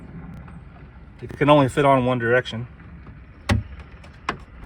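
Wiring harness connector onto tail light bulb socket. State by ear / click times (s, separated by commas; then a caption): seated / 3.5 s, 4.3 s. Someone talks while a wiring harness connector, which fits only one way, is pushed back onto the brake light bulb socket (tail light) of a 2006–2011 Honda Civic. Two sharp clicks follow at 3.5 s and 4.3 s as the connector seats into place.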